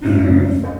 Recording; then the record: squeal of a Yucatan mini pig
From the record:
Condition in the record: after surgery on the right vocal fold (resection and tissue-engineered implant); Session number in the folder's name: 4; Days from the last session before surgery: 26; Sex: female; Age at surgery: 19 weeks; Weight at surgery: 25 kg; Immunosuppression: prednisolone